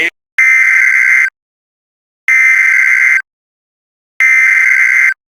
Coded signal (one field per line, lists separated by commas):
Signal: Emergency Alert System (SAME) tones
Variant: header bursts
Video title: EAS Scenario The Moncove Virus